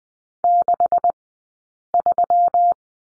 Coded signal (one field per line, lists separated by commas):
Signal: Morse code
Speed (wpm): 20 wpm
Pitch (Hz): 690 Hz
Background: none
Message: 63